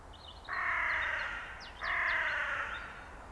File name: Corvus corone